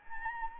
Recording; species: mosquito wingbeat signal from an infrared sensor; Anopheles arabiensis